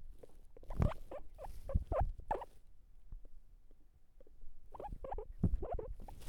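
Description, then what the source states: Guinea pig chattering in quick bursts of short notes, a pause near the middle, then another cluster of notes. Guinea pig talking.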